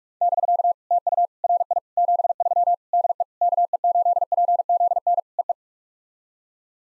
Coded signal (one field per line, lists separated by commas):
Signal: Morse code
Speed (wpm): 43 wpm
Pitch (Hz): 700 Hz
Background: none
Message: <BK> TU RI 73 DE KE8PZN EE